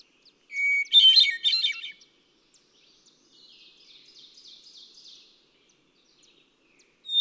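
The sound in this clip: Hermit thrush giving one bright phrase of a held whistle and quick fluty notes, followed by a softer, fainter run of repeated warbled notes.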